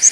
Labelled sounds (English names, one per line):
Kentucky Warbler flight call